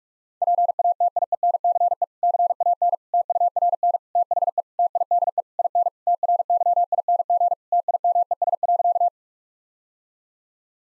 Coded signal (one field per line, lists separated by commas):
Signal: Morse code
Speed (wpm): 46 wpm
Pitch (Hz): 700 Hz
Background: none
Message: PATIENCE CAN TURN THE TIDE IN TRYING TIMES.